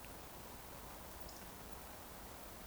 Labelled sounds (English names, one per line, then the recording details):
Eurasian Woodcock whistle
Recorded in Baden-Württemberg, Germany, on 15 June 2020 at 20:26 UTC
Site 14569, 102 m above sea level